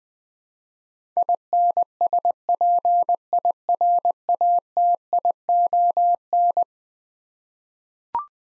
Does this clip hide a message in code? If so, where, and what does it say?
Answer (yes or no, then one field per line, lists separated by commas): yes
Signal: Morse code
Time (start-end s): 1.2-6.6 s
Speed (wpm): 20 wpm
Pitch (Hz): 700 Hz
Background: none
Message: INSPIRATION